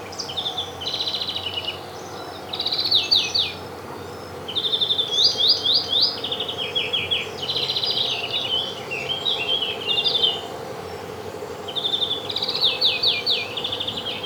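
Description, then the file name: European greenfinch giving bursts of rapid, trilled twittering notes, each phrase a quick series of bright chirps, repeated with short pauses throughout over a low steady background hum. "Chloris chloris"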